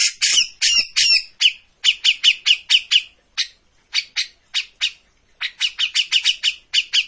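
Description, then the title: Grey-cheeked bulbul song: quick bursts of harsh, chattering high notes, some run close together and some spaced by brief pauses. Master recording used for training cage birds; bird described as gacor, singing actively and continuously. "Cucak Jenggot Gacor. Masteran burung cucak jenggot ! Suaka burung"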